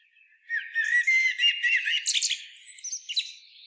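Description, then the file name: Common blackbird song phrase: smooth, fluty low notes followed by a quick burst of thin, squeaky higher notes. "Turdus merula"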